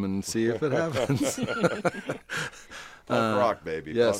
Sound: laughter

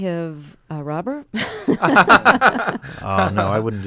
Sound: soundbite of laughter

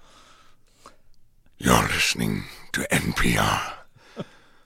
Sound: Imitating Smaug

